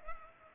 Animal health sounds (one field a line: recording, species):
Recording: mosquito wingbeat signal from an infrared sensor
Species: Culex pipiens